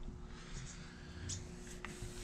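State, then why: Partly seated. A camper door latch is pushed into its strike in the door frame as the door is closed, giving one quiet, sharp click at 1.85 s over a low steady background hum. The latch catches, but the door still sticks out a little and is not flush, so it is probably not fully home.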